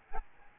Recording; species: mosquito wingbeat signal from an infrared sensor; Aedes albopictus